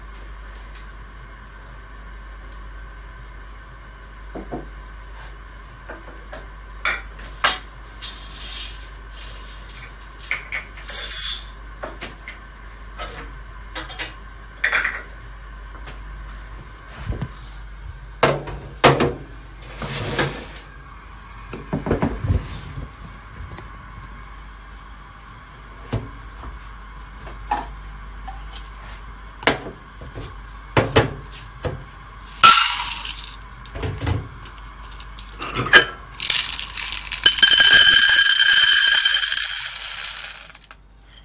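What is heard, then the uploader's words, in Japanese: Green coffee beans are roasted over a steady low hum and a faint constant whine. Sparse, irregular clicks and rattles come every second or two, thickening after 30 seconds, then a loud, bright hiss surges from about 37 to 40 seconds. 今朝は”キリマンジャロブレンド”生豆を焙煎。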